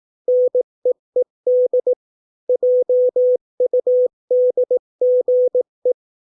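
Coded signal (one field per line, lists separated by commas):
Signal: Morse code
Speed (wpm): 18 wpm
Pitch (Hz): 500 Hz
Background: none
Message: NEED JUDGE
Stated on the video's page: Morse code practice of 200 English words at 18 wpm for copying by ear.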